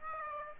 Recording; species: mosquito wingbeat signal from an infrared sensor; Aedes aegypti